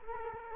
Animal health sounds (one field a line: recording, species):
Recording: mosquito wingbeat signal from an infrared sensor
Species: Culex quinquefasciatus